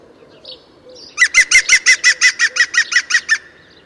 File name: Dzięcioł zielony